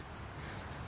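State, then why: Not seated. A rain fly's plastic clip on a Core Equipment 12 Person Instant Tent is tried one-handed on the lower telescoping metal tent pole. Only steady, even broadband noise is heard, with no sharp sounds. Nothing has clicked: the clip fails to catch because it can't be managed with one hand.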